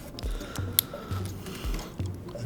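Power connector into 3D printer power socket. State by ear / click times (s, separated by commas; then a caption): seated / 0.8 s. A power connector is plugged into a 3D printer's power socket with both tabs facing up and pushed in until it seats with a single sharp, loud click at 0.8 s. Quieter handling taps and low background music surround it.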